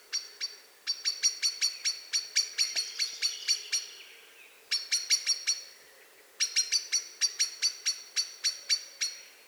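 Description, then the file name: Eurasian blackbird giving loud, rapid chinking calls in repeated bursts of sharp metallic notes, with brief pauses between bursts. "Turdus merula"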